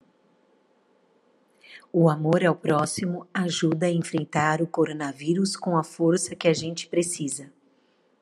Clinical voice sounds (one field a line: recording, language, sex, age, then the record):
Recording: spoken sentence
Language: Brazilian Portuguese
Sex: female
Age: 40 to 49 years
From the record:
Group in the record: control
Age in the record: 45 years